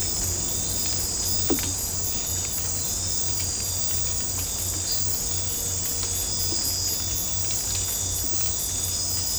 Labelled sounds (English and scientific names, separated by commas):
none